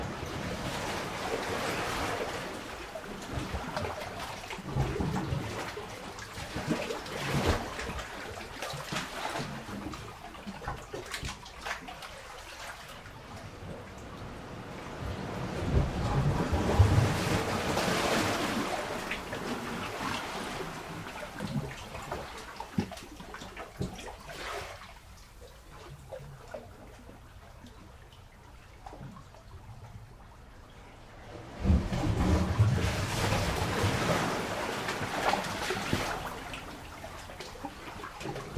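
Reverberant surges and splashes wash through a large hollow space, swelling loudly around 16 and 32 seconds, then fading to quieter, darker rumbling.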